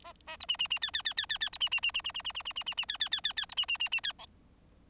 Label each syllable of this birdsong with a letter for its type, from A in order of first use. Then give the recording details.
A A B C C C D D D D D D B C C C C C C C C C C C C D D D D D B C C C C D E. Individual Bird4